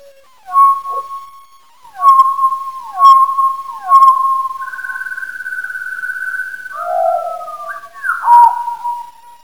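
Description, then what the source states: Song sparrow song, slowed: several repeated whistled notes with falling tails, then a long steady whistle and lower buzzy falling phrases. Slowed down four times.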